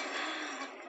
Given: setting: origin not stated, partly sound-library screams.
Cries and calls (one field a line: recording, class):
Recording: one-second piece from a danger detection set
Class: woman in danger